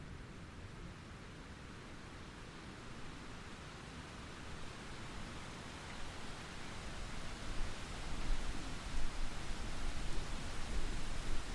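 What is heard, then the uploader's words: A summer thunderstorm: steady, dense rain hiss fills the whole clip, soft and even at first. From about the midpoint the sound slowly swells, and a deep, rolling rumble builds underneath toward the end. The soothing sounds of a summer thunderstorm. Soothing Thunderstorm.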